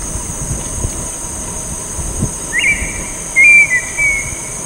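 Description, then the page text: Red-winged tinamou whistles: a short rising slurred note, then a longer clear whistle wavering at one pitch, over a steady high insect drone and low background rumble. Adult, wild; recorded at San Miguel, Corrientes, Argentina, on 9 November 2014. "Colorada ( Rhynchotus rufescens ) HLS-San-Miguel---Colorada. Héctor Schreiber"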